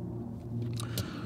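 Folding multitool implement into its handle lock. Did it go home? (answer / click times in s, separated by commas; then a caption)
yes / 0.8 s, 1.0 s. The corkscrew/bit tool of a metal Leatherman Wave multitool is folded out into its handle lock over a low steady hum. Two sharp clicks at 0.8 s and 1.0 s mark the tool locking into place.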